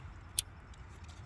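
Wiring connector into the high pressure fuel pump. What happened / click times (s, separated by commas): The electrical connector plugged in and seated / 0.4 s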